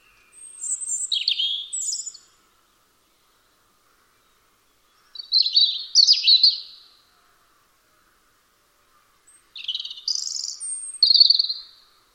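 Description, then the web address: European robin song: three brief bursts of sweet, high-pitched warbled and trilled notes, each phrase about two seconds, with silent gaps between. "Deverinetal 2025 File origin Bird Only Er Ru"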